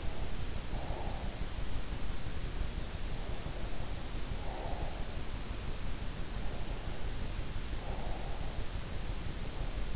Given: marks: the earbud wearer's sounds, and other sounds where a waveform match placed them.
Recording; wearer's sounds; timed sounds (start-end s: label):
sounds in sleep by an in-ear microphone; breath
0.00-1.83 s: breath
4.03-5.69 s: breath
7.57-9.11 s: breath